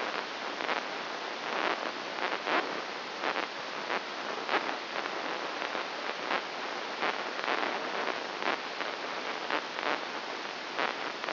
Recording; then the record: brain microelectrode recording played as sound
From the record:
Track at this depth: inside the subthalamic nucleus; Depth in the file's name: 1.956 mm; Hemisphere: left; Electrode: 1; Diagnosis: Parkinson's disease